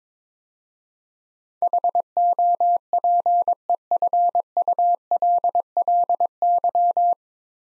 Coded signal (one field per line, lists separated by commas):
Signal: Morse code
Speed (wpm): 21 wpm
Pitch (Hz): 700 Hz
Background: none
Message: HOPEFULLY